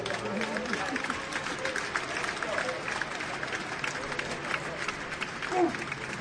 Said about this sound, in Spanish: Esta dupla funcionó 100 puntos. Un aplauso entonces para ellos.